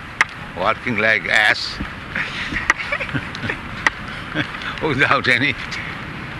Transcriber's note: laughs